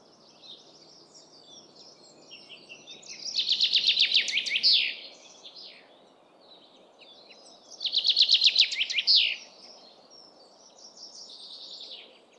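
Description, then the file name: Common chaffinch singing: repeated bright phrases, each a fast tumbling series of high notes dropping in pitch and closing with a flourish, about five seconds apart, faint twitters between. "Fringilla coelebs"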